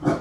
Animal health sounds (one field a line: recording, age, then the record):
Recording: pig call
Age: growing-finishing pig (85 days or more)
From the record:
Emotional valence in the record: positive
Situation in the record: run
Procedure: transit